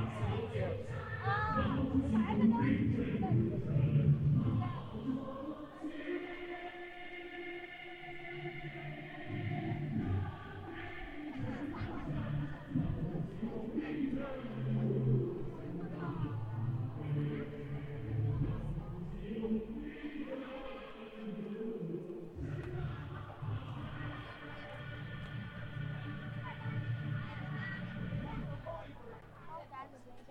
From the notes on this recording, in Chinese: 重庆洪崖洞